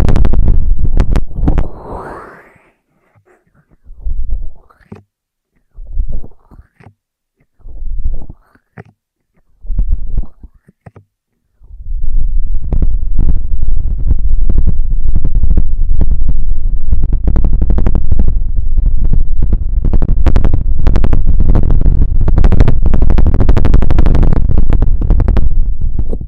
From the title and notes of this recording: Intense Ear Triggers (No Talking).